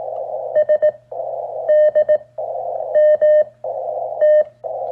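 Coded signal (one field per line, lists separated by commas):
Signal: Morse code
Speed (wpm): 18 wpm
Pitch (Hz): 610 Hz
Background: radio noise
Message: S D M T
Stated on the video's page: QRP CW demo with a Mountain Topper rig through an EMTECH ZM-2 antenna tuner.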